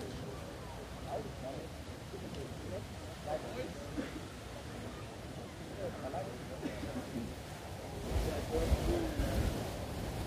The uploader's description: the bustling scenery of Munich's famous Englischer Garten